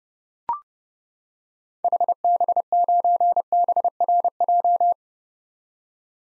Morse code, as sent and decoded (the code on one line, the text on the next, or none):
.... -... ----. -... .-. .---
HB9BRJ